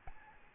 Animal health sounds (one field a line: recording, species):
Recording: mosquito wingbeat signal from an infrared sensor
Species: Aedes albopictus